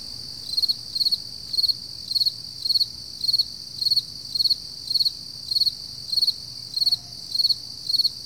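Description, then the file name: Crickets chirping in fast regular bursts, many pulsed chirps, against a continuous shrill insect chorus. Early morning at 4 AM, summer, July 2012. "freesound Early Morning Summer Crickets 4 AMJuly 2012"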